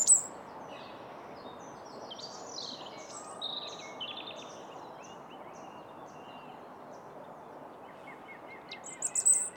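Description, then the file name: European robin singing faint, thin high phrases over a steady background hiss. "Erithacus rubecula"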